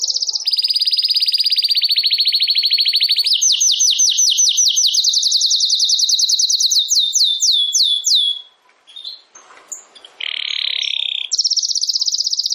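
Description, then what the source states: Domestic canary singing long rapid trills that step upward in pitch, then sweeping note series, a short pause and a low warbled phrase before a high trill resumes. Belgian canary breed, singing.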